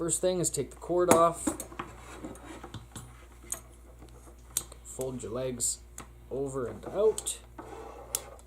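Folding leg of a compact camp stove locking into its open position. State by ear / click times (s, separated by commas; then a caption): seated / 8.1 s. Someone talks while the folding metal legs of a compact camp stove are swung over and out into their open position. A sharp click at 8.2 s marks a leg locking into place, and the stove's legs are seated.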